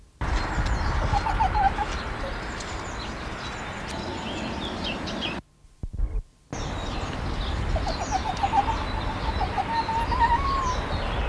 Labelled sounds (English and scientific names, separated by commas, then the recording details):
Corsac Fox (Vulpes corsac)
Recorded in captivity
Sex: male
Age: adult
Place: Zoo Halle, Sachsen-Anhalt, DE
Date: 1993-04-24 10:30
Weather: fair, 21-22 °C
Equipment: Sony WM-D6C, Sony ECM-939 LT, Kopie Uher Variocord 263
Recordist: Tembrock, Günter